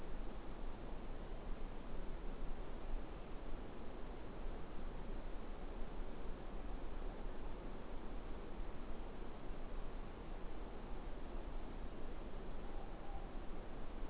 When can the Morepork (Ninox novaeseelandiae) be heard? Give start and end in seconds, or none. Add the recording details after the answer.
12.54-13.30. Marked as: faintness 5/5. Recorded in New Zealand. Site Eglinton